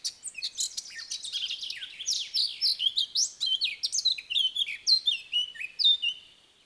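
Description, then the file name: Eurasian blackcap song, a fast, varied warble of chirps and sweeping notes that starts softly and builds into louder, richer phrases before fading at the end. "Sylvia atricapilla"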